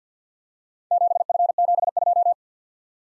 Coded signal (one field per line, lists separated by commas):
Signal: Morse code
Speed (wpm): 45 wpm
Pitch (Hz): 700 Hz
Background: none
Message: 7F72